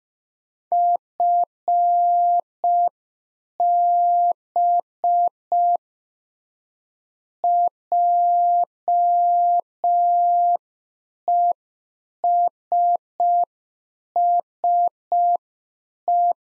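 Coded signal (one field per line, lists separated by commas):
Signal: Morse code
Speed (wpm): 5 wpm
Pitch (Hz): 700 Hz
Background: none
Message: FB JESSE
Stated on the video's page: Practice QSO exchange segment on ham FER, age and occupation, sent in Morse at 5 wpm for head-copy, sent twice around a spoken version.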